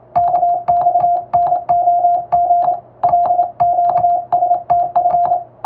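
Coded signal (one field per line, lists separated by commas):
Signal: Morse code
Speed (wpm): 27 wpm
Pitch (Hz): 700 Hz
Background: music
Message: KXNOG LQSTF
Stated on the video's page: Hand-keyed international Morse practice sent with a telegraph key, by a first-class radiotelegraph operator using a telegram sending practice book.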